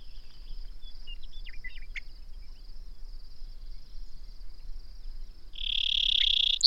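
Bird song, quiet at first with a few soft chirps, then a loud buzzy held note cut off by the start of fast repeated notes; a thin steady high tone behind.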